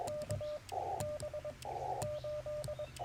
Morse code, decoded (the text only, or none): KB8